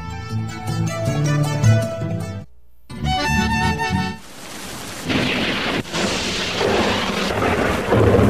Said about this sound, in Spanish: Ah, vecinita, está lloviendo como nunca. Parece que nos va a llevar.